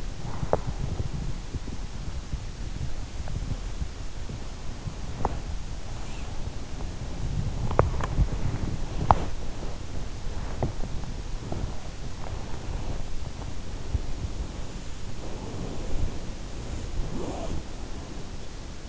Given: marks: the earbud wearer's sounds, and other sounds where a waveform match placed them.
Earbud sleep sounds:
sounds in sleep by an in-ear microphone; body movement, teeth grinding
0.00-18.89 s: body movement
0.26-0.95 s: teeth grinding
7.59-8.21 s: teeth grinding
8.99-9.28 s: teeth grinding
14.94-18.30 s: sound from someone else or the room

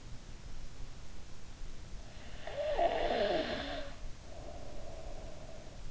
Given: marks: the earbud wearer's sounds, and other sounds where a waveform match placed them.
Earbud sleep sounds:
sounds in sleep by an in-ear microphone; breath
2.37-5.77 s: breath

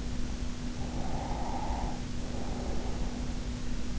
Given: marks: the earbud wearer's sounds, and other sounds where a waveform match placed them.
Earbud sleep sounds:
sounds in sleep by an in-ear microphone; breath
0.80-3.41 s: breath

